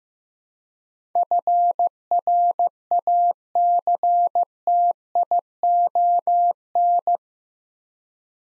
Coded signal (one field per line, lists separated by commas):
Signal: Morse code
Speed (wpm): 15 wpm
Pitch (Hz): 700 Hz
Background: none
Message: FRACTION